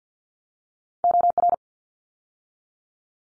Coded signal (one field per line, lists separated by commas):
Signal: Morse code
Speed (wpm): 50 wpm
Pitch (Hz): 700 Hz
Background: none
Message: OR